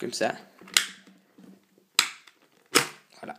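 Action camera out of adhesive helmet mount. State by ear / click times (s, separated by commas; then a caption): released / 0.8 s, 2.0 s. An action camera is released from its plastic adhesive helmet mount: the two side tabs are pressed and the camera is pulled out, with sharp snaps at 0.8 s and 2.0 s. Removal is a bit harder than fitting, and someone talks.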